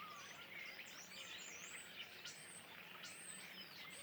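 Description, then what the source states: Common starlings in a chattering flock, with looping whistles and quick, rising and falling squeals standing out from a dense murmur of calls. Flock perched in trees beside the Louroux pond, Le Louroux, near Loches, Indre-et-Loire, France; recorded with Sennheiser MKH8020 ORTF stereo pair and Sound Devices MixPre-6 II.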